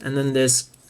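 A plastic bazooka part is handled on the storage mount of a 1/144 HGUC RX-78-2 (Revive Ver.) Gundam model kit while someone talks, with a brief hiss near 0.5 seconds. Nothing has seated or clicked yet.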